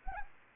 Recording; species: mosquito wingbeat signal from an infrared sensor; Anopheles arabiensis